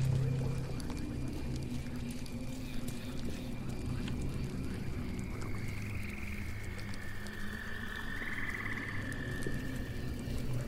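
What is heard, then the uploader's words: A swamp house ambience with a steady low hum and rumble running throughout. Over it, croaking frog-like calls and warbling trills rise mid-clip, around six seconds and again near eight to nine seconds, with faint scattered ticks and clicks. Witch's swamp house ambience.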